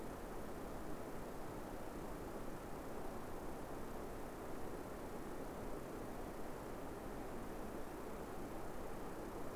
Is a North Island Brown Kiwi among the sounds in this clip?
no